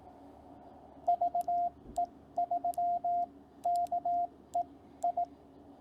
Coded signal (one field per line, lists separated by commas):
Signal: Morse code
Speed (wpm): 18 wpm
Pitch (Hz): 700 Hz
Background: radio noise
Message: VE3KEI